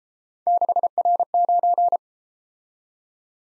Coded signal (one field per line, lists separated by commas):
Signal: Morse code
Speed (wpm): 32 wpm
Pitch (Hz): 700 Hz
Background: none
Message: 6R9